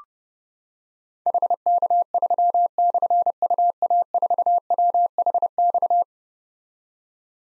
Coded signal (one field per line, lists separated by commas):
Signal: Morse code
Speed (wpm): 30 wpm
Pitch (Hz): 700 Hz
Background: none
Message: HK3/UA4WHX